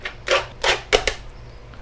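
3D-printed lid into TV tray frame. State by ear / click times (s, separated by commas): seated / 0.9 s, 1.1 s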